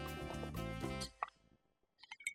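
A loud, dense tonal burst fades out, followed by a few soft, wet gulping swallows with small plopping clicks, quiet and spaced apart, with no talking.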